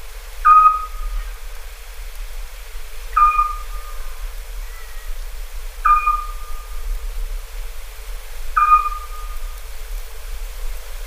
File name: Hibou Petit duc